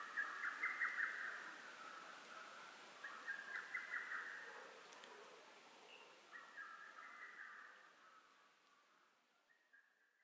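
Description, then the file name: Lesser cuckoo whistled phrases repeat several times and grow steadily fainter until they almost fade out. Recorded on 12 June 2010. "hototogisu-20100612"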